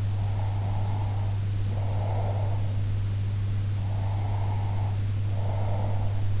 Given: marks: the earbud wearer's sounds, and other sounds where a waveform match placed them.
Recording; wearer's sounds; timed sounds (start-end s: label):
sounds in sleep by an in-ear microphone; breath
0.16-2.81 s: breath
3.87-6.19 s: breath